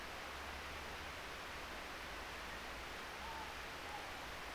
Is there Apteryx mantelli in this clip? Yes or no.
no